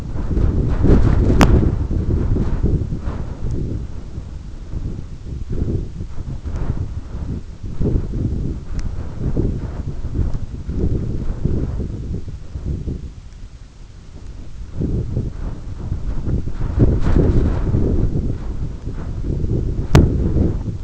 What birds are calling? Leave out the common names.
none